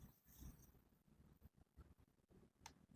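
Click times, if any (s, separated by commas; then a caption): 2.7 s. After a first attempt that did not go in fully, apparently because a cable was in the way, the plastic housing half of a hair straightener is pressed back onto the straightener body. Low rustling and handling noise fills the clip until a single sharp click at 2.7 s, when the housing snaps closed and seats.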